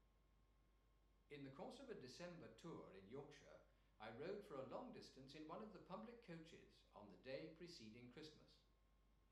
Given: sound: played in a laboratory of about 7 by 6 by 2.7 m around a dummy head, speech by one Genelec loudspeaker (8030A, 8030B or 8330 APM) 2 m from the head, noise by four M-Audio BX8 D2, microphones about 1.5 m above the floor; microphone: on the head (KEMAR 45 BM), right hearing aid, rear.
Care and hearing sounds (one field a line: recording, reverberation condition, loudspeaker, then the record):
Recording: male speech in English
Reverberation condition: medium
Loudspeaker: 90 degrees to the right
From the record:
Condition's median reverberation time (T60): about 510 ms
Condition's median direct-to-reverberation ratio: about -0.5 dB